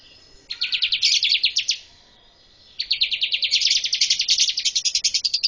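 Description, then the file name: Prinia: a short burst of quick, buzzy repeated notes, a pause, then a longer, steady run of sharp high notes. "suara ciblek kurawa"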